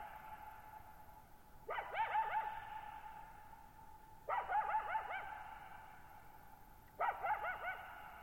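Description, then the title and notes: Coyote giving three bouts of rapid wavering yips about every two and a half seconds, each bout trailing off in a long sustained echo over a quiet background. Lone coyote at night, July 14, 2019, Thirtymile Meadows, Okanogan National Forest, Okanogan High Country, 6400 ft; dry high plateau, bowl-shaped meadow, boggy ground burbling, very quiet, highly reverberant. "Lone Coyote at Thirtymile Meadows. I spent the night of July 14, 2019, camped near Thirtymile Meadows in the Okanogan National Forest at 6400 ft (1950 m)"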